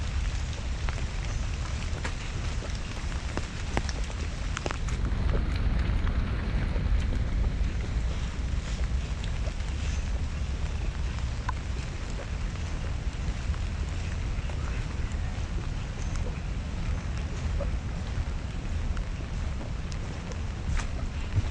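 Walking in the rain in Central Park, a steady dense patter with a low rumble underneath and frequent sharp drips throughout.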